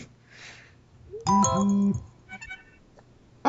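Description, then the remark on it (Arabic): A phone's text message notification tone sounds: a loud, brief electronic chime, a bright melodic tone with a couple of quick pitch steps lasting under a second, followed by faint ticks and a soft click in an otherwise quiet background. “حتى اللي يسمعنها من وصل له مسج بتعرف شو اقول لك ساكتين.”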